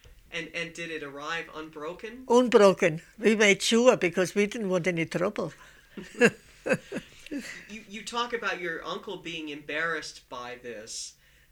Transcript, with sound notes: And did it arrive unbroken?
Unbroken. We made sure, because we didn't want any trouble. ( she laughs )
You talk about your uncle being embarrassed by this.